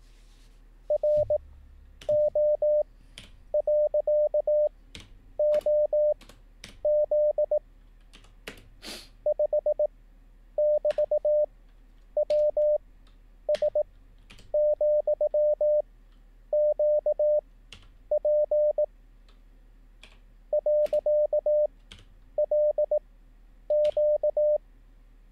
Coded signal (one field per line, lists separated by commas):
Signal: Morse code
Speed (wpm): 18 wpm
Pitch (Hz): 600 Hz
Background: none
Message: RO.OZ 5<BT>WS,QP .LQ